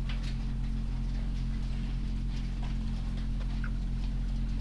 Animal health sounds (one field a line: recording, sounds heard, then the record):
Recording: poultry house recording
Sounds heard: sick chickens (respiratory disease)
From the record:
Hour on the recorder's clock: 22